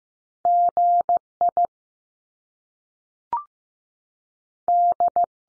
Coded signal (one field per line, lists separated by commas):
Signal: Morse code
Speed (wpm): 15 wpm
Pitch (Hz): 700 Hz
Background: none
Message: G I D